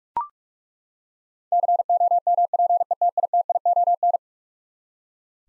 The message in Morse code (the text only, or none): COMPETITION